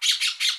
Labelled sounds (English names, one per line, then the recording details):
Brown-throated Parakeet contact call
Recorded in Aruba
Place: Cunucu Arikok, S side of Ceru Arikok
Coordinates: 12.502, -69.950